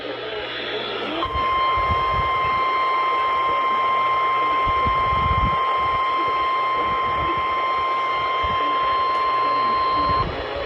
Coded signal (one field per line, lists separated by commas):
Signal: Emergency Alert System (SAME) tones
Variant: 1050 Hz attention tone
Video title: STILL NOT DONE, EH? EAS Alerts from 7/11/20 (EAS 3104-3114)